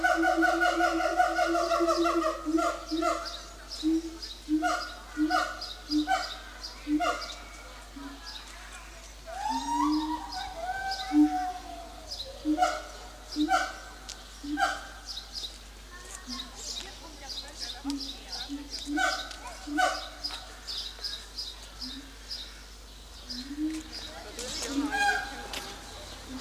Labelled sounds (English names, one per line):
Siamang